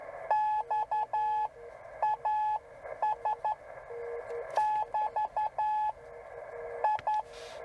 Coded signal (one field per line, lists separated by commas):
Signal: Morse code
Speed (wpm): 11 wpm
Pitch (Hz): 850 Hz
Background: radio noise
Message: XAS <BT> I